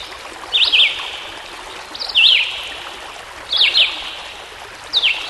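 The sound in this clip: Songbird song of four short whistled phrases with quick pitch dips, spaced about one and a half seconds apart, against a continuous stream-like rush.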